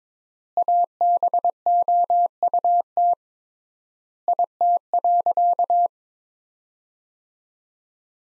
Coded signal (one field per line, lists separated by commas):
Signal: Morse code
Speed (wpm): 22 wpm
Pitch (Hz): 700 Hz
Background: none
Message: ABOUT IT.